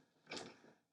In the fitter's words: So it just kind of locks into place there.